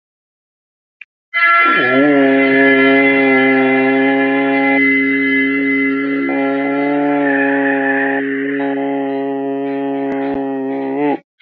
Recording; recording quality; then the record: sustained vowel as in boot; excellent, no background noise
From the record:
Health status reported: exposed to COVID-19, no respiratory illness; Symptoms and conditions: cough, cold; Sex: male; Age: 22 years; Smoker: not ticked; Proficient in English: yes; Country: India